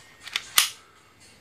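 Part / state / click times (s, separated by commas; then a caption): pistol slide onto frame / seated / 0.6 s. A Taurus TX22 .22 pistol's slide is reassembled onto the frame, fitting into a small groove and lining up. Two light metallic ticks at about 0.3 and 0.4 s come before a sharp metallic snap at 0.6 s as the slide locks into place. The slide is seated.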